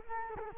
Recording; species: mosquito wingbeat signal from an infrared sensor; Culex quinquefasciatus